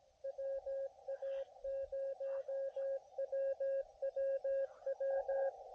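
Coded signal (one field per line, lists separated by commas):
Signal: Morse code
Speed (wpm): 19 wpm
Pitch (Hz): 530 Hz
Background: radio noise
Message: WA0WWW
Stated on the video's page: QRP CW park activation using an Elecraft KH1.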